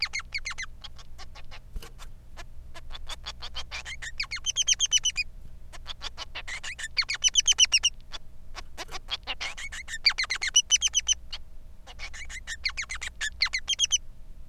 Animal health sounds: song of a male Bengalese finch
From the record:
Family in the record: son of father 3

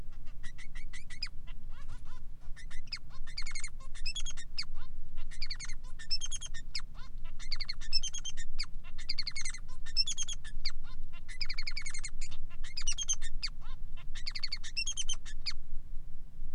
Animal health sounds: song of a male Bengalese finch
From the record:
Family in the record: son of father 3

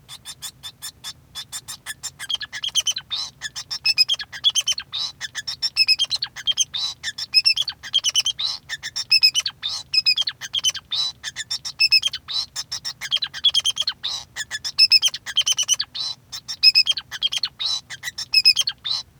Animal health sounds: song of a male Bengalese finch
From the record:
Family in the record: son of father 2

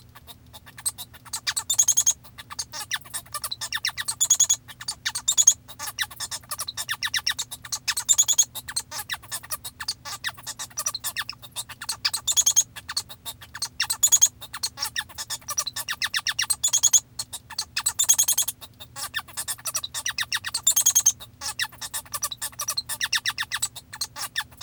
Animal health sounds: song of a male Bengalese finch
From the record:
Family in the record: father 1

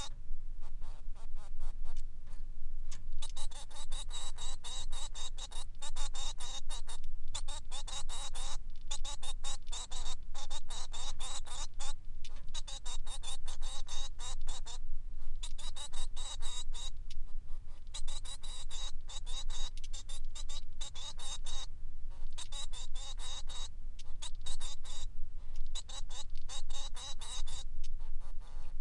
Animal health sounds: song of a male Bengalese finch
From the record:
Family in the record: son of father 3

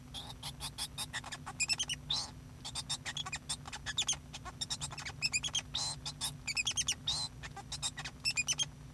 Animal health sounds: song of a male Bengalese finch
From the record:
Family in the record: son of father 2

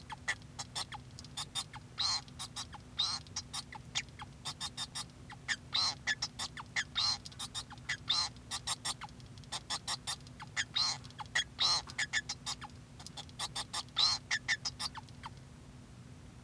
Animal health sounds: song of a male Bengalese finch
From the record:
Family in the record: son of father 2

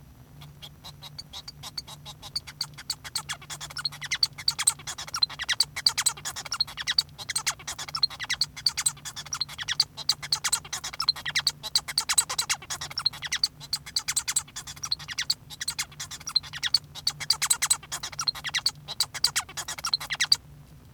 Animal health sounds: song of a male Bengalese finch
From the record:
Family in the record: son of father 1

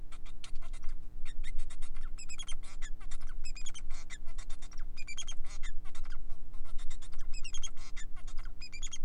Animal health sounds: song of a male Bengalese finch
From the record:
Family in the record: son of father 4

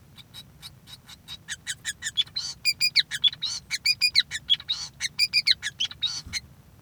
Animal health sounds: song of a male Bengalese finch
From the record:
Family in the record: son of father 5

